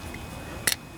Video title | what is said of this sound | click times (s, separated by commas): Coleman Powermate Generator Tecumseh 11 Horsepower engine. SAT TOO LONG. How to MAKE IT RUN | the nozzle kind of pops | 0.7 s